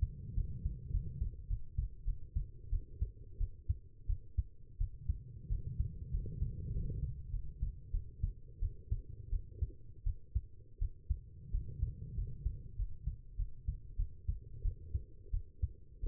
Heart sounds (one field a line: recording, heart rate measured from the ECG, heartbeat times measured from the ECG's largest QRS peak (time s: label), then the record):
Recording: heart sounds by stethoscope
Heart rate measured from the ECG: 92 bpm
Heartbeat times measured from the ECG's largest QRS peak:
0.35 s: heartbeat
0.91 s: heartbeat
1.48 s: heartbeat
2.05 s: heartbeat
2.70 s: heartbeat
3.38 s: heartbeat
4.07 s: heartbeat
4.78 s: heartbeat
5.49 s: heartbeat
6.12 s: heartbeat
6.72 s: heartbeat
7.31 s: heartbeat
7.92 s: heartbeat
8.60 s: heartbeat
9.30 s: heartbeat
10.04 s: heartbeat
10.79 s: heartbeat
11.52 s: heartbeat
12.16 s: heartbeat
12.77 s: heartbeat
13.37 s: heartbeat
13.97 s: heartbeat
14.62 s: heartbeat
15.31 s: heartbeat
16.01 s: heartbeat
From the record:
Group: healthy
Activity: rest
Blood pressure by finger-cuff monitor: 113/80 mmHg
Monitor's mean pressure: 90 mmHg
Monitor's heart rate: 93 bpm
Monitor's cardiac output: 7.4 L/min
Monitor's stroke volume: 79 mL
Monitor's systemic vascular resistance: 920 dyn s/cm5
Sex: female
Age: 19 years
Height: 163 cm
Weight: 51 kg